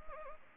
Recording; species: mosquito wingbeat signal from an infrared sensor; Anopheles arabiensis